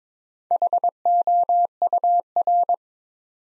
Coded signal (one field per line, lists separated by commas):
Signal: Morse code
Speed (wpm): 23 wpm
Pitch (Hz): 700 Hz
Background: none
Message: HOUR